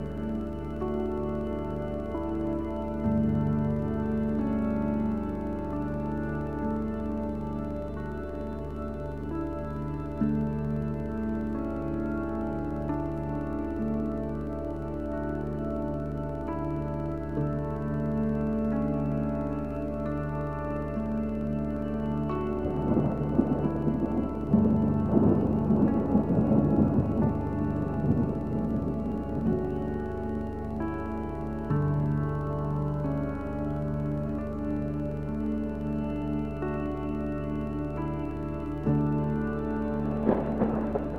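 Ambient piano plays slow, sustained chords over a steady low drone, with notes ringing and blending into each other. Around the middle the playing grows busier and a little louder, with quicker struck notes, then settles back, with a brief flurry near the end.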